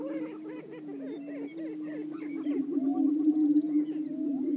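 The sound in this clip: Greater prairie-chickens boom softly in a low drone, with scattered quick whoops and yelps growing louder toward the end.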